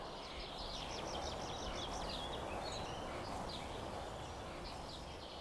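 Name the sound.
birds chirping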